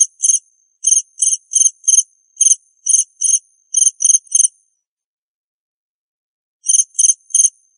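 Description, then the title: Cricket chirps, high and scratchy, repeated quickly for about four seconds, then a pause of two seconds before three more chirps. "suara Hujan Guntur Suara Jangkrik Dan Burung"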